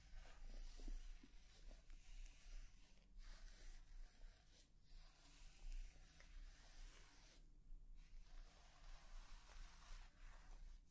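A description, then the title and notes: Soft brushing and rubbing sounds sweep against a surface in bursts of a second or two, with brief pauses near 3, 4.5 and 7.5 seconds. The texture is dense and hissy, over a steady low hum. A few faint taps appear early on. ASMR Personal Attention For Sleep face brushing, face touching, lens tapping + more.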